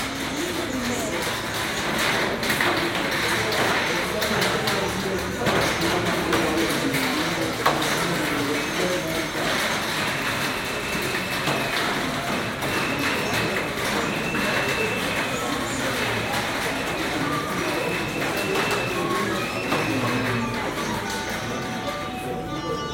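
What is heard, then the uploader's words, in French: A soundscape recorded in Lubumbashi: a dense, steady wash of overlapping voices, with a constant low hum and occasional brief higher tones. Une sélection de paysages sonores enregistrés à Lubumbashi par BNA-BBOT en octobre-novembre 2022.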